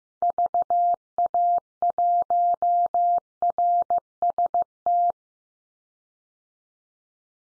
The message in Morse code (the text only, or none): VA1RST